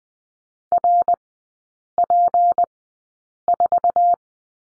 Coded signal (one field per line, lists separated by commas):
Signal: Morse code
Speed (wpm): 20 wpm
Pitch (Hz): 700 Hz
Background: none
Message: RP4